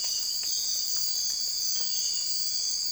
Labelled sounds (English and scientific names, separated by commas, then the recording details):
none
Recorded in dense forest near Puerto Asís, Putumayo, Colombia, on 20 December 2024 at 03:30
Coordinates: 0.482, -76.320
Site G021